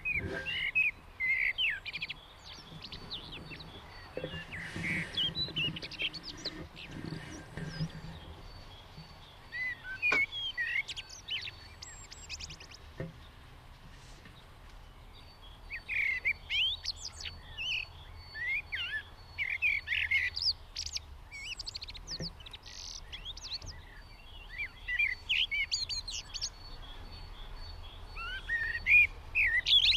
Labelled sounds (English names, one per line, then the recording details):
Common Blackbird song
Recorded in the wild
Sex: male
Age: adult
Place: Garmisch-Partenkirchen, Bayern, DE
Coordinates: 47.4903, 11.0708
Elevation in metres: 709
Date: 1967-04-02
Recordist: Tretzel, Erwin